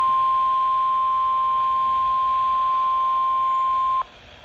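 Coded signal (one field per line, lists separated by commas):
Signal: Emergency Alert System (SAME) tones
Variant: 1050 Hz attention tone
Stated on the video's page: Severe Thunderstorm Warning from NOAA Weather Radio transmitter WWG90, Janesville, Wisconsin, on 162.425 MHz.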